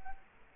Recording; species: mosquito wingbeat signal from an infrared sensor; Culex quinquefasciatus